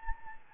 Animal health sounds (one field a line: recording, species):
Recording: mosquito wingbeat signal from an infrared sensor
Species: Anopheles gambiae